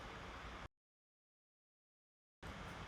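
Speaker wire spade connectors are lined up and slid onto the negative and other terminals of a Klipsch ProMedia 2.1 subwoofer driver during a foam replacement repair for rattle and distortion. A steady broadband hiss fills the first 0.7 seconds, drops to silence until about 2.4 seconds, then returns to the end. The connectors are not yet pushed fully home, and nothing has clicked.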